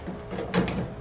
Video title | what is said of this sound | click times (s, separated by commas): Maytag Bravos XL Gas Dryer Thermistor Replacement – Step-by-Step Fix for No Heat or Shutting Off | They have little slots that they go into, plus the spring in the front, and you'll hear it snap once | 0.5 s